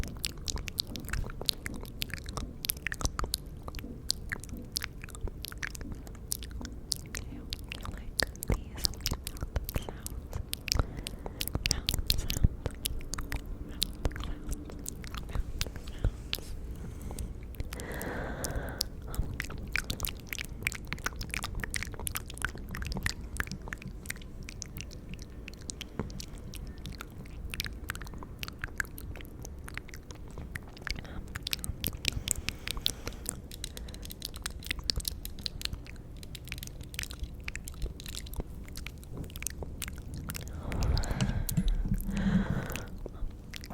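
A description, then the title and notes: Wet mouth sounds run throughout: dense, rapid clicks and smacks like chewing and biting, crowding together with little pause. A few louder, fuller bursts stand out near 12, 18 and 41 seconds, over a quiet low murmur. ASMR Double Mouth Sounds (Twins) Ear to Ear Layered Sounds.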